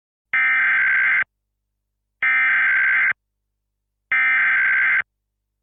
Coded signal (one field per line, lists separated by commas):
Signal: Emergency Alert System (SAME) tones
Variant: header bursts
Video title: EAS Scenario #5: Goo Goo Gaga Meme Outbreak - An EAS Mega Scenario